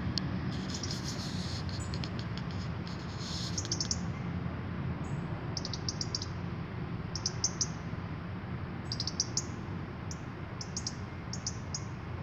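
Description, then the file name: European robin calls: a burst of scratchy, high notes in the first few seconds, then short bunches of clicking ticks every second or two, against constant low background noise. "Erithacus rubecula"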